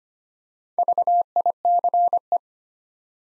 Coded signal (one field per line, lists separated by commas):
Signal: Morse code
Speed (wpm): 25 wpm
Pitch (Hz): 700 Hz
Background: none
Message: VICE